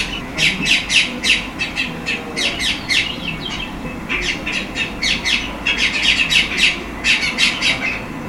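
Bird calls: loud, sharp chirps repeated in fast, uneven bursts throughout, over a steady background hiss.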